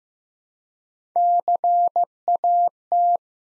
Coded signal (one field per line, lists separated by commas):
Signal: Morse code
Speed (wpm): 15 wpm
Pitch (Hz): 700 Hz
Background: none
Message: CAT